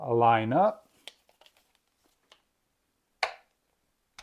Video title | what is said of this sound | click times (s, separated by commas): Bamboo Demon Slayer Sword 41inch , Rengoku Sword /Tanjiro Sword /Zenitsu Sword | lock into place | 3.2 s